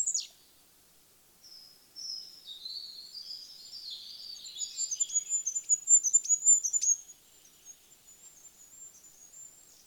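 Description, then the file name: Goldcrest song: quiet high twittering that swells into a quick string of sharp, very high pips, then fades. "Goudhaan"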